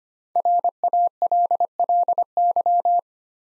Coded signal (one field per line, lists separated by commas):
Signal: Morse code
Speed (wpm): 25 wpm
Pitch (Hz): 700 Hz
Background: none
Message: RALLY